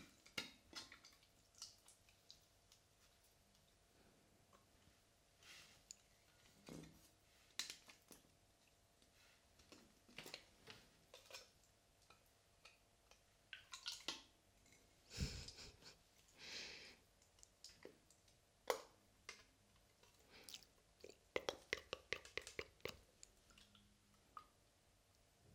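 Slime being played with, squished and pulled, giving irregular wet clicks, pops and sticky smacks. The sounds come in scattered bursts, with a longer squelching stretch around the middle and rapid clusters of sharp snaps near the end, over a faint steady hum.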